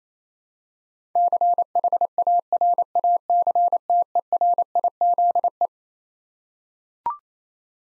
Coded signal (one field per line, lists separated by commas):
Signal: Morse code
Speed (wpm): 27 wpm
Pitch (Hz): 700 Hz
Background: none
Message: CHARACTERIZE